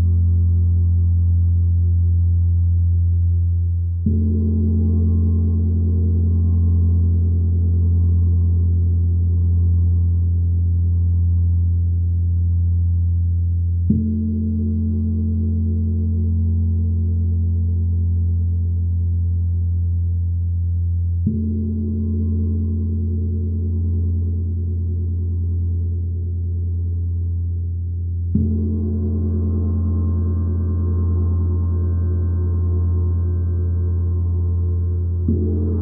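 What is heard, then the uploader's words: A sound bath of deep, humming gong tones that sustain without pause. Fresh strikes land about every seven to ten seconds, near 4, 14, 21 and 28 seconds, each swelling the low drone and adding a brighter ringing shimmer above it. Stress Relieving Sound Bath.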